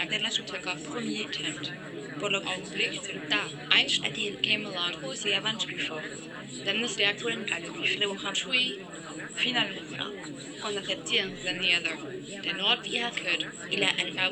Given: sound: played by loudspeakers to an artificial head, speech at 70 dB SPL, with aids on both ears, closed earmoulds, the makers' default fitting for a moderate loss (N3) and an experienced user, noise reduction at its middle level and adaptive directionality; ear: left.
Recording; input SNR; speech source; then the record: speech test signal (ISTS) in cocktail-party noise; -3 dB; in front (0 degrees)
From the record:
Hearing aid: class 1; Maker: C